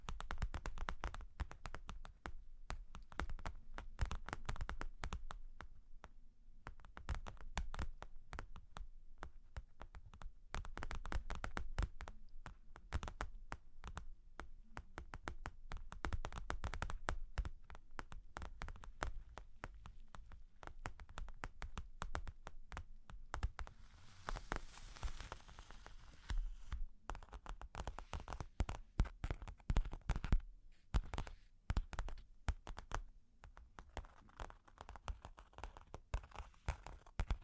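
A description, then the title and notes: Long claws tap and scratch in quick, uneven bursts, dense clicking that runs throughout with brief pauses near 6 and 27 seconds. A longer, brighter scrape sounds around 24 to 26 seconds. The taps are close and crisp in a quiet small room. Long Claws Tapping and Scratching (No Talking).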